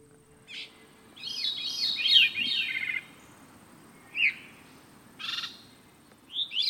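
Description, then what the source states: Veery song: fluty, ringing phrases, a brief note, then one longer falling phrase, then a few short bursts separated by pauses, over a quiet background. Veeries sing responsively rather than in chorus, one voice quickly answering another, with an unearthly quality.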